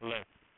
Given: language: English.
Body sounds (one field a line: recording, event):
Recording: throat vibration sensor signal played as sound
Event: speech